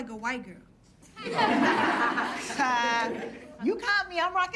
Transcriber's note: laughter